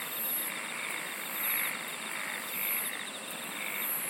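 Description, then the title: Insect chorus with a steady rapid pulsed trill, very high shrill bursts about once a second, and a continuous droning hiss. "SINGING OF INSECTS"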